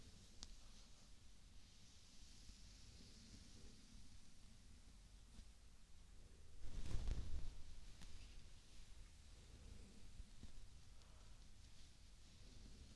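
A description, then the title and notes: Hair brushing and scalp scratching make a steady, soft rustling hiss with a low rumbling texture underneath. Small scratchy strokes and light ticks recur throughout, and around the seventh second a louder burst of rubbing briefly swells before settling back. ASMR Relaxing Hair Brushing, Scalp Scratching/Treatment and Massage.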